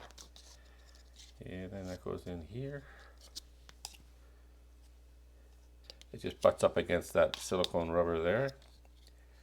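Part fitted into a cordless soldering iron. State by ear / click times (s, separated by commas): not seated / none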